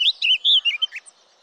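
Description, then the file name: Eurasian blackcap song fragment: a few clear, fluty whistled notes, some rising and falling, delivered quickly within about a second. "Sylvia atricapilla"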